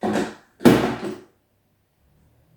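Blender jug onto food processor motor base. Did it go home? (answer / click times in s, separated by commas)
yes / 0.7 s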